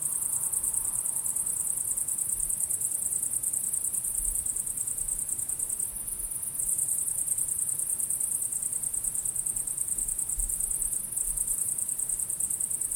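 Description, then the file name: Cricket chorus, a steady high-pitched trill made of fast, even pulses that runs unbroken throughout, with soft low rumbling underneath. Crickets chirping at sunset. "syrsor solnedgang"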